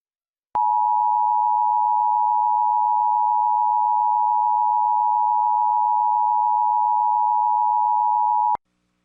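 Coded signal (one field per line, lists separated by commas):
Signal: Emergency Alert System (SAME) tones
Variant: 853 and 960 Hz attention tone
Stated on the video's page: Required monthly EAS tests from New Jersey and Pennsylvania, received off air.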